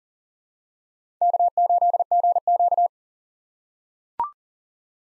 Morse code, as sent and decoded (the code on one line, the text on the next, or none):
-.- ---.. --. --.-
K8GQ